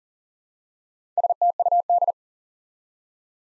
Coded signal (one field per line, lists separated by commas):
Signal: Morse code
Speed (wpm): 38 wpm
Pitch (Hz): 700 Hz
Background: none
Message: STUD